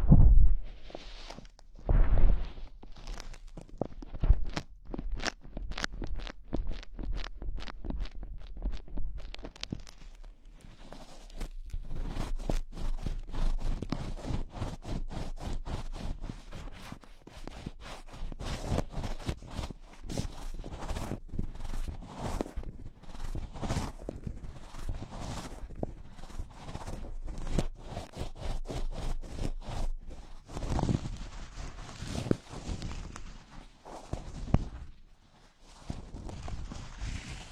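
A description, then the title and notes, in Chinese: Gloves being handled, making a string of short taps and rustling clicks. Over the first ten seconds the taps come spaced and fairly regular, then they pack into a dense, busy patter that runs to the end, broken by brief pauses near 31 and 35 seconds. 手套 使用6种不同手套为你耳膜按摩。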